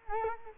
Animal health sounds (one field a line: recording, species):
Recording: mosquito wingbeat signal from an infrared sensor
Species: Culex quinquefasciatus